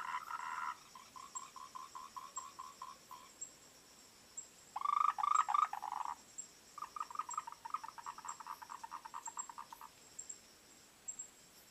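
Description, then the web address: Frogs croaking in rapid pulsed bursts, with a short chattering run, a louder burst near the middle, and a long rattling series after it. "voice cam frogs"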